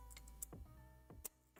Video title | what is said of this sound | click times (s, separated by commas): KevinAkaSam's Belted Z Ender 3 Mod - Part 1 | that snapped into place much easier let's go back and compare the other one make sure we got it right | 1.3 s